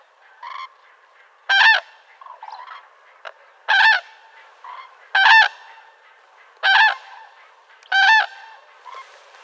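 Common crane calls, loud rich bugling notes with stacked harmonics, repeated about every one to two seconds, with softer call fragments in between.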